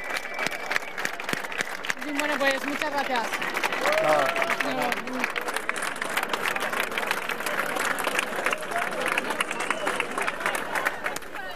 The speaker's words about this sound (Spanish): Se han quitado los cascos de la Policía Nacional. Ahora mismo están los antidisturbios metidos entre los manifestantes y se han quitado el casco. La gente aplaude ahora mismo.